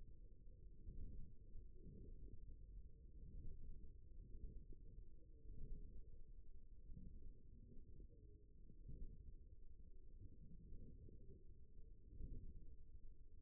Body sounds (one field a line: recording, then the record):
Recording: forearm muscle sounds (acoustic myography)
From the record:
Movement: forearm pronation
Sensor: system 1, eight BSWA MPA416 microphones around the upper forearm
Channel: 1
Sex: male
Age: 54 years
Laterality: right